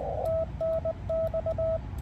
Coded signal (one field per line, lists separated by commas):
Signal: Morse code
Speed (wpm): 22 wpm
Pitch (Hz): 650 Hz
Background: radio noise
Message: TNX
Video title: 2024-09-11 ham radio session